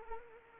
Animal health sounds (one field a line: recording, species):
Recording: mosquito wingbeat signal from an infrared sensor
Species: Anopheles arabiensis